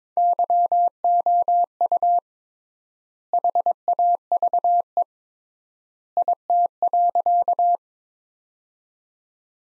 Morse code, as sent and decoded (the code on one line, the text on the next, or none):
-.-- --- ..- / .... .- ...- . / .. - .-.-.-
YOU HAVE IT.